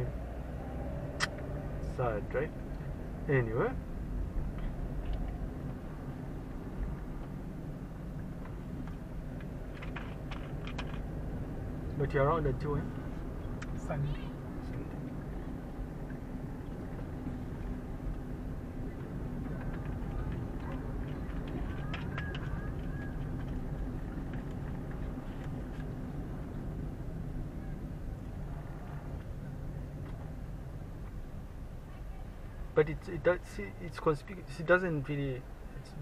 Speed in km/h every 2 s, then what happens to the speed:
16, 20, 22, 20, 19, 23, 25, 24, 24, 24, 24, 23, 23, 18, 14, 9, 5, 3.
0-4 speeds up to 22. 8-11 speeds up to 25. 11-24 steady at about 24. 24-33 slows to 3.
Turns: none.